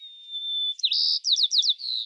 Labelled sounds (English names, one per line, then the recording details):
White-crowned Sparrow song
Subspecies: nuttalli
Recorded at Morro Bay, California, in 2014
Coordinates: 35.370, -120.866
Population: south
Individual MORR_maleC_14